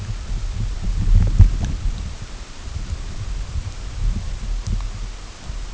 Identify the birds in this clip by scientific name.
none